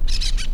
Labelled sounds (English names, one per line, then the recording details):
Brown-throated Parakeet contact call
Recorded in La Tortuga
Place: Isla La Tortuga
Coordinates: 10.925, -65.258